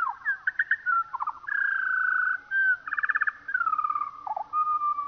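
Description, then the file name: Eurasian skylark song, slowed: a warble of quick trills, buzzy rattles and drawn-out whistled notes. Played slowed down. "skylark slowed down"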